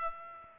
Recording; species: mosquito wingbeat signal from an infrared sensor; Aedes aegypti